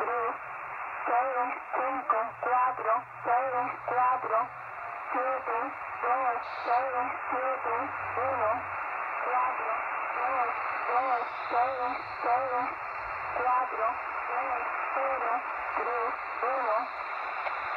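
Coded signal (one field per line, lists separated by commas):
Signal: numbers station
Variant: HM01, Spanish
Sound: a voice reading short, evenly spaced words over steady shortwave hiss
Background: radio static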